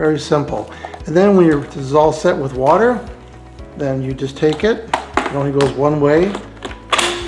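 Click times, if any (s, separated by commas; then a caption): 6.6 s. A one-way keyed plastic water and dirt tank, filled with water, is inserted into the body of a robot vacuum cleaner while someone talks. A sharp mechanical latch click at 6.7 s shows the tank seated in the robot.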